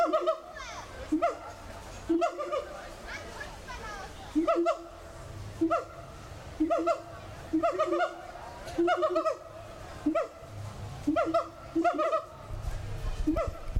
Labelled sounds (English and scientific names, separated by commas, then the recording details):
Siamang (Symphalangus syndactylus) call
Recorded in captivity
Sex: male
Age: subadult
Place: Zoo Berlin, Berlin, DE
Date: 1996-08-24 21:10
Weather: bedeckt, ca. 20°C
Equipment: Sony MD-WM MZ-R3, Sennheiser MKH 416 T, Kopie Uher 4000 Report Monitor
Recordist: Tembrock, Günter